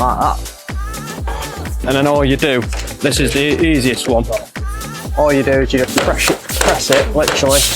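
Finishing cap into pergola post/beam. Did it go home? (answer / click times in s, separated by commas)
no / none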